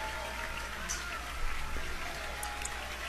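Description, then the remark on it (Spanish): Steady, dense applause after a concert by the Orquesta Sinfónica de Jalapa under conductor Gianfranco Marcelletti, the concert De la Vieja y la Nueva Rusia on Friday 17 March: a continuous crackling wash of many hands clapping at an even, fairly soft level for a few seconds, with no voices. “Y seguimos escuchando el aplauso nutrido, realmente es un reconocimiento muy importante.”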